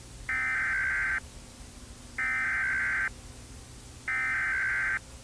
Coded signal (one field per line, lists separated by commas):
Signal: Emergency Alert System (SAME) tones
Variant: header bursts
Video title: Eas